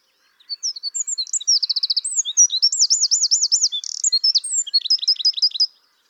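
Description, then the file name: Eurasian wren song, an energetic high cascade with a buzzy trill, a looping warble and a closing series of sharp repeated notes, lasting about five seconds. "Troglodytes troglodytes"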